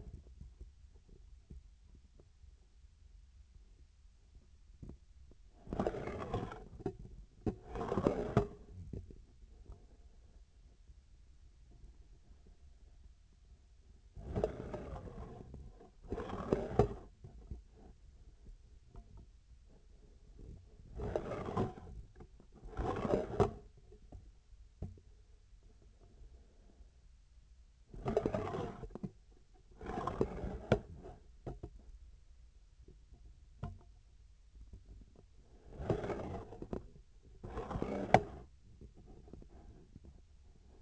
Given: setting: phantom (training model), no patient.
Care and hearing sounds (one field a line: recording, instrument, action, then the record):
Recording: laparoscopic instrument, vibration sensor on the handle end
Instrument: scissors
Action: approaching and retracting movements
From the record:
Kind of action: spatial motion